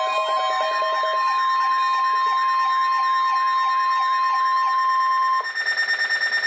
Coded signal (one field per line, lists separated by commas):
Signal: Emergency Alert System (SAME) tones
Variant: 1050 Hz attention tone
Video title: Required Weekly Test - 08/12/15 (EAS #977)